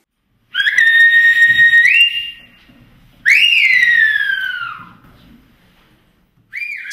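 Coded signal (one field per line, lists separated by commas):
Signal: whistled language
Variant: Silbo Gomero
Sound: three loud whistled phrases with rising, steady and falling pitch glides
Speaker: sil is a Language that imitates the phonetic Sounds of spanish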